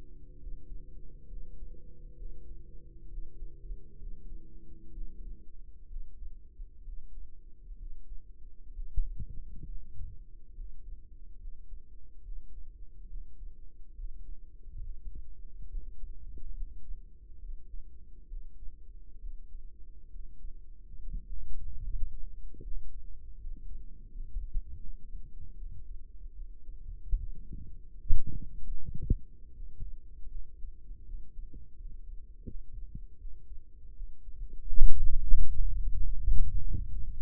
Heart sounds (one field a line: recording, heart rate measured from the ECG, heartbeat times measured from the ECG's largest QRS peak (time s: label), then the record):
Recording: heart sounds by microphone in the right ear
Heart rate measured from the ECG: 72 bpm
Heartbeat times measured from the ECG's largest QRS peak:
0.37 s: heartbeat
1.26 s: heartbeat
2.15 s: heartbeat
3.07 s: heartbeat
3.96 s: heartbeat
4.91 s: heartbeat
5.86 s: heartbeat
6.82 s: heartbeat
7.75 s: heartbeat
8.72 s: heartbeat
9.65 s: heartbeat
10.54 s: heartbeat
11.37 s: heartbeat
12.22 s: heartbeat
13.07 s: heartbeat
13.94 s: heartbeat
14.79 s: heartbeat
15.67 s: heartbeat
16.52 s: heartbeat
17.38 s: heartbeat
18.26 s: heartbeat
19.19 s: heartbeat
20.09 s: heartbeat
20.98 s: heartbeat
21.81 s: heartbeat
22.60 s: heartbeat
23.36 s: heartbeat
24.09 s: heartbeat
24.80 s: heartbeat
25.56 s: heartbeat
26.34 s: heartbeat
27.16 s: heartbeat
28.00 s: heartbeat
28.77 s: heartbeat
29.52 s: heartbeat
30.29 s: heartbeat
31.04 s: heartbeat
31.75 s: heartbeat
32.44 s: heartbeat
33.17 s: heartbeat
33.94 s: heartbeat
34.78 s: heartbeat
35.55 s: heartbeat
36.30 s: heartbeat
37.01 s: heartbeat
From the record:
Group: healthy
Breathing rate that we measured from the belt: 17 breaths a minute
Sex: male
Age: 35 years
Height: 178 cm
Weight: 64 kg